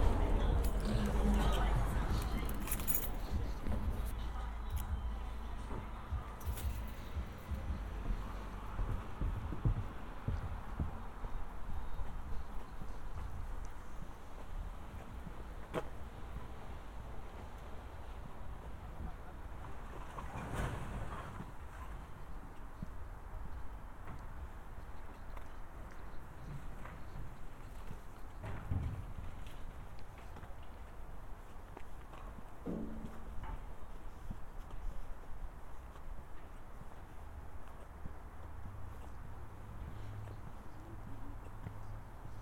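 A walk recorded binaurally, with a steady outdoor hum running the whole way and scattered footsteps and small knocks. A louder, busier stretch opens the first few seconds, and brief thumps stand out near 20 and 28 seconds, with faint voices and passing traffic in the background.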